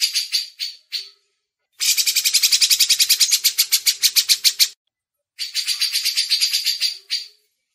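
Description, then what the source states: Grey-cheeked bulbul song: short choppy notes, then a long rapid chatter of harsh pulsed notes, a pause, and another fast chattering burst. Masteran recording, a training audio for cage birds.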